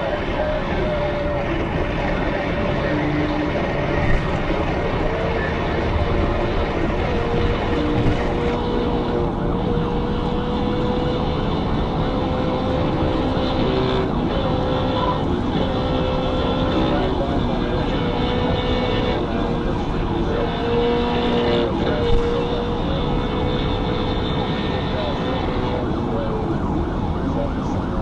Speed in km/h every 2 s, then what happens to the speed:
100, 109, 114, 114, 118, 126, 127, 119, 119, 116, 111, 114, 111, 101.
0-12 speeds up to 127. 12-19 slows to 111. 23-28 slows to 101.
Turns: none.